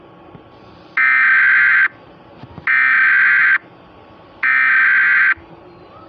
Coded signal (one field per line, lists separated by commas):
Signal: Emergency Alert System (SAME) tones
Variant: header bursts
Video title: EAS Scenario: Astroids bitch!